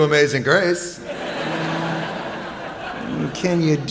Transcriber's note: soundbite of laughter